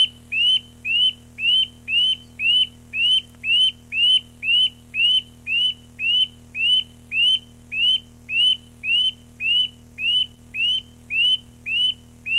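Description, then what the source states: Eurasian nuthatch song: a steady series of clear, rising whistled notes, roughly two per second, continuing throughout against a faint low hum. Recorded 29 April 1994.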